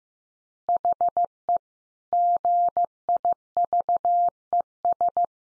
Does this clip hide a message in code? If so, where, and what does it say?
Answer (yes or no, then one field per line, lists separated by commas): yes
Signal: Morse code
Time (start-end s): 0.7-5.2 s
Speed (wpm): 15 wpm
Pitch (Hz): 700 Hz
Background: none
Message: HE GIVES